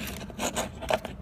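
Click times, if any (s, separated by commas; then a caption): none. The brushes of an Ivoprop electric motor are pressed back while the brush spring is held over the brush holder during an armature replacement. Soft scraping and rubbing handling noises are heard, with two brief sharp ticks near the end. Nothing has seated or clicked into place yet.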